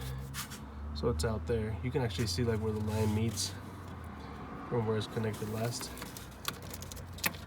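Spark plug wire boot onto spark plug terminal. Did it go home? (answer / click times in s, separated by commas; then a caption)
yes / 6.5 s, 7.3 s. A spark plug wire boot is pushed onto the top of a spark plug on the V8 engine of a 2008 Silverado 4.8 with AC Delco spark plugs. Someone talks over a low steady hum, then a few small taps build to a sharp click at 6.5 s and another at 7.3 s. The boot snaps and seats on the plug.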